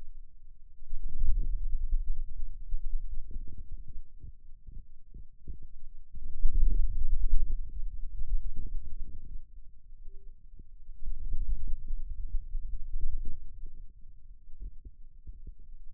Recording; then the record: forearm muscle sounds (acoustic myography)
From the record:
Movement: radial deviation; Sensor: system 2, bracelet of six BSWA MPA416 microphones around the upper forearm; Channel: 1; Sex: male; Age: 22 years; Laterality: right